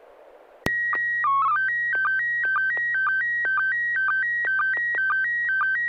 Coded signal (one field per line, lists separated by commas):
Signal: SSTV (slow-scan television)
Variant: PD 120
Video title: N6NA SSTV Net - 08/21/2024